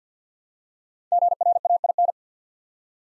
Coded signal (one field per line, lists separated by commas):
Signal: Morse code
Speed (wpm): 52 wpm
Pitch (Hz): 700 Hz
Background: none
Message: GRAIN